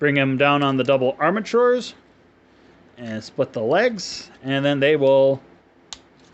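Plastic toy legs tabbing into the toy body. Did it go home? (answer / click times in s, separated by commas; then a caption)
yes / 5.9 s. Someone talks while the plastic legs of a Transformers Velocitron Speedia 500 Collection Victory Universe Galaxy Shuttle toy are brought down on the double armatures and split apart. A single sharp click at 5.9 s marks the legs tabbing into place in the toy body, seated.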